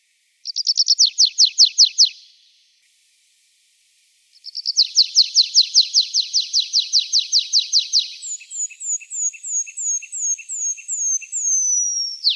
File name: Konek lesnoj